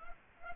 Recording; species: mosquito wingbeat signal from an infrared sensor; Culex pipiens